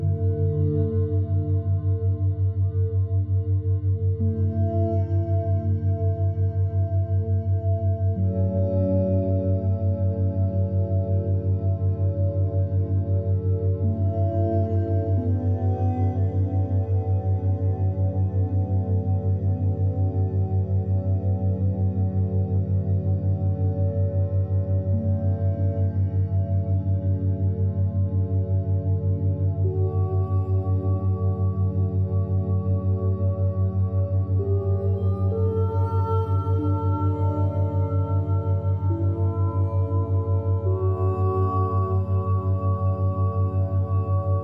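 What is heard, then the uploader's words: A binaural beat tone hums low and perfectly steady underneath, with layered sustained tones above it that shift pitch slowly, swelling fuller after about eight seconds. Bell-like ringing overtones drift in and out, brightening faintly around thirty-five seconds, and the level never changes. Resting Energy Binaural Beat Theta.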